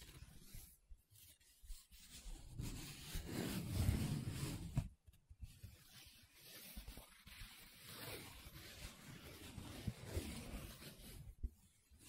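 Paper being rubbed and scratched, a dry rasping that swells and fades in uneven strokes. A heavier, fuller rub builds from about two to five seconds, then after a brief pause lighter scratching continues steadily, with a short gap near eleven seconds.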